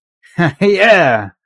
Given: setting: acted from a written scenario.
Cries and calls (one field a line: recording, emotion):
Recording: vocal sound without words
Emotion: pride